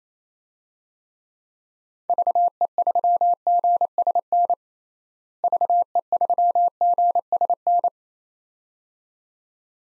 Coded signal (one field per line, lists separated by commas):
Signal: Morse code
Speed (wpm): 28 wpm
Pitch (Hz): 700 Hz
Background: none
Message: VE3GSN VE3GSN